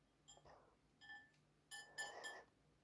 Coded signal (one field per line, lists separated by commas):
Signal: none